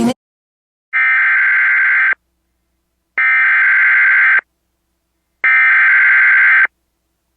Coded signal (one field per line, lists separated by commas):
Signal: Emergency Alert System (SAME) tones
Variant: header bursts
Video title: US Emergency Alert Systems 2026 (part 8)